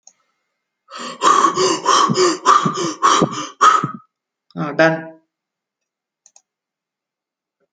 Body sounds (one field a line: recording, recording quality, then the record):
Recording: shallow breathing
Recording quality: excellent, no background noise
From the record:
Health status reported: COVID-19 positive, moderate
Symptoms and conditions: cold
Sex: female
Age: 50 years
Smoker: not ticked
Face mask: not worn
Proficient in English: yes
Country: France